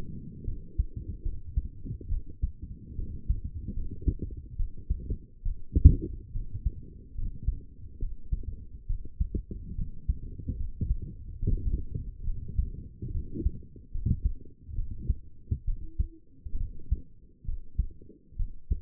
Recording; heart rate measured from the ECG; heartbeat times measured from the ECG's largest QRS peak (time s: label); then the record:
heart sounds by stethoscope; 70 bpm
0.44 s: heartbeat
1.22 s: heartbeat
2.08 s: heartbeat
2.95 s: heartbeat
3.73 s: heartbeat
4.56 s: heartbeat
5.42 s: heartbeat
6.32 s: heartbeat
7.15 s: heartbeat
7.99 s: heartbeat
8.86 s: heartbeat
9.75 s: heartbeat
10.56 s: heartbeat
11.39 s: heartbeat
12.24 s: heartbeat
13.11 s: heartbeat
13.91 s: heartbeat
14.75 s: heartbeat
15.64 s: heartbeat
16.57 s: heartbeat
17.45 s: heartbeat
18.36 s: heartbeat
From the record:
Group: healthy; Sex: female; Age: 22 years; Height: 154 cm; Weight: 58.7 kg